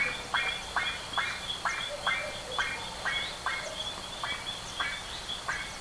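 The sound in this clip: Bird calls: a rapid run of harsh, squawking notes over a continuous high buzzing background.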